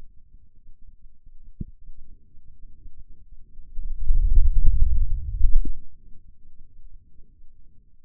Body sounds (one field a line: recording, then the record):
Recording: forearm muscle sounds (acoustic myography)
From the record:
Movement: hand opening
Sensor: system 2, bracelet of six BSWA MPA416 microphones around the upper forearm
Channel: 3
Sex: male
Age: 22 years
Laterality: right